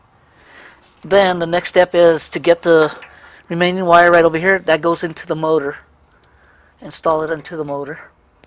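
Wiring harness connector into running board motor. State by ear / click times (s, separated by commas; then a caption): not seated / none. Someone talks while handling the plastic connector on the remaining wire of a wiring harness, getting it ready to push into the socket of a Bestop PowerBoard running-board motor. The connector has not seated or clicked yet.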